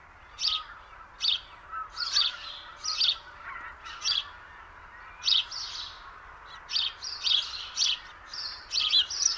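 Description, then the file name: House sparrow chirps, single sharp notes spaced under a second apart at first, then quicker clustered chirps toward the end. "Passer domesticus"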